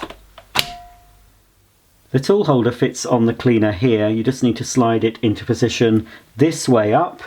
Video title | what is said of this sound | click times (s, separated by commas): Dyson Light Ball Vacuum Cleaner Unboxing, Assembly & Demonstration | slide it down carefully and push it into the top of the machine until it clicks | 0.6 s